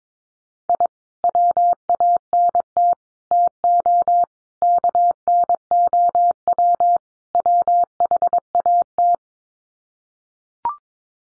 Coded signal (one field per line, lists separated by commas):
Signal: Morse code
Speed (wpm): 22 wpm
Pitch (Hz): 700 Hz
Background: none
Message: I WANT TO KNOW WHAT